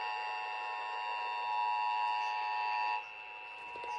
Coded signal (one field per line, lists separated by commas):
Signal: Emergency Alert System (SAME) tones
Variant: 853 and 960 Hz attention tone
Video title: EAS 3314-3325: Pennsylvania Required Monthly Test for July 2022